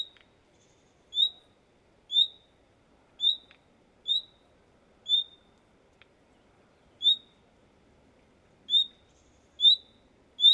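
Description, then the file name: Common nightingale giving a series of short whistled calls, roughly one a second with longer gaps midway, against a quiet background. "Luscinia megarhynchos"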